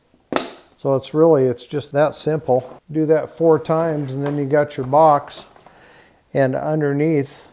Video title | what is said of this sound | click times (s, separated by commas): Organize Your Closet with This Easy Foldable Organizer | there's a rail there and it fits inside this other one and then snaps into place | 0.4 s